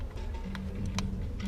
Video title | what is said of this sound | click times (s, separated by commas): Tutoriel : installation de joysticks électriques sur le Hansa access 303 | à le faire jusqu'à ce que ses cliques et je les ferme après faut | 0.5 s, 1.0 s